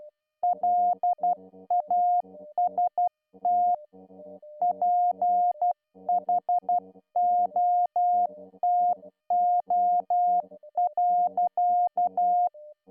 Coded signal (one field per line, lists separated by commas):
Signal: Morse code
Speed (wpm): 12 wpm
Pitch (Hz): 710 Hz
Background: music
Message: LAST PHOTO.